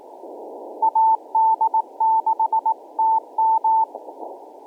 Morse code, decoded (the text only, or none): AD6TM